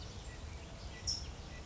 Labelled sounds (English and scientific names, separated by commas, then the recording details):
California Towhee (Melozone crissalis)
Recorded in Sonoma County, California